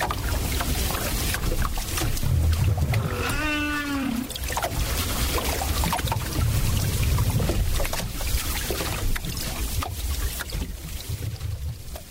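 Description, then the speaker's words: Southern right whale call: one short tonal moan with stacked harmonics, lasting about a second, set against loud, steady water noise. Played-back recording. "Nou jy al gewonder hoe klink 'n Noordkaper walvis? Ons het klank op YouTube gekry. Luister gou hier."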